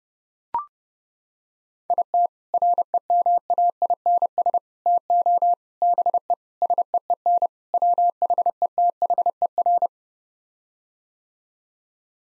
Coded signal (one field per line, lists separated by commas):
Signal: Morse code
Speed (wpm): 31 wpm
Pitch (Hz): 700 Hz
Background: none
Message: IT REMAINS TO BE SEEN WHETHER